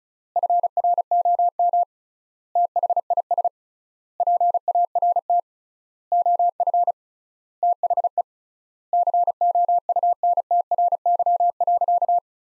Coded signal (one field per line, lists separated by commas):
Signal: Morse code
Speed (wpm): 36 wpm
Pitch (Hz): 700 Hz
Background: none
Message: FROM THIS PART OF THE COUNTRY.